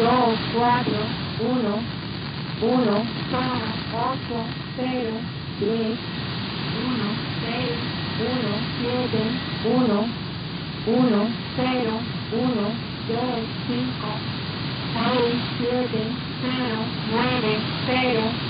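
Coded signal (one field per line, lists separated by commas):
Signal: numbers station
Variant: HM01, Spanish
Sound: voice reading strings of digits under heavy static, overlapped by a wavering interfering broadcast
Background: radio static, interfering broadcast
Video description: HM01 is a Cuban number station that is targeted toward the US. It is a spanish speaking station.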